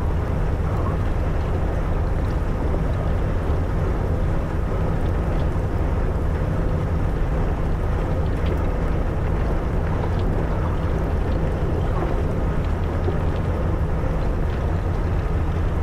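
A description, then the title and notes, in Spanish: A ship's engines drone steadily as the vessel moves through icy water, a deep, dense hum with a faint regular pulse underneath. The level stays constant throughout, with soft washing and occasional light clicks or knocks scattered above the low rumble. Un rompehielos navegando por el helado mar Báltico cerca de la mágica Laponia finlandesa. Escucha el zumbido rítmico de los motores del barco mientras cortan las aguas heladas.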